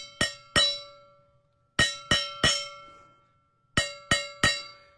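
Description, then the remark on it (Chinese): A stainless steel food jar (thermal cup) with a 304 stainless steel outer layer, a vacuum insulation layer, a copper-plated layer and a 304 stainless steel inner layer is struck eight times in three quick groups of two and three, each hit a bright metallic clang with a sustained ringing tone that fades between strikes. “听着那种回音，那种钢制，外边一层不锈钢，对吧，304钢，然后呢中间一个真空保温层， 真空保温层，然后还有一层镀铜， 镀铜， 然后里面还有304不锈钢 四层，这四层结合起来才能保证这品质。”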